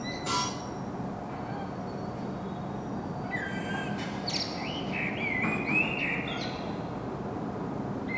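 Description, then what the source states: Common blackbird song phrase of fluty warbling and scratchy twittering, after a sharp noise burst at the start, over continuous low background rumble. Singing, recorded in Saint-Gilles, Belgium, with a Sony PCM-M10 internal microphone.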